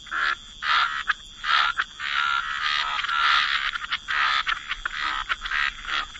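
Frogs croaking together in a thick chorus, long grating bursts alternating with brief gaps and quick clicky notes, with a thin constant high tone underneath.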